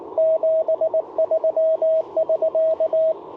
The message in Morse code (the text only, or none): 73<SK>